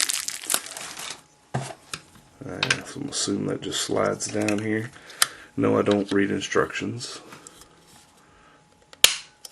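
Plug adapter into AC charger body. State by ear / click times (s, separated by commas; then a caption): seated / 9.0 s. Someone talks while sliding an interchangeable US plug piece down onto a plastic AC to mini USB charger body, with rustling handling noise at the start. A sharp snap at 9.0 s marks the plug locking into place, and it is seated.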